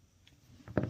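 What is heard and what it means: A steel trigger/locking block pin is tapped lightly with a punch into a polymer Glock pistol frame, giving a faint tick near 0.3 s and a light tap around 0.7 s. The pin seats with the loudest sharp click at 0.8 s, followed by a softer tap just after.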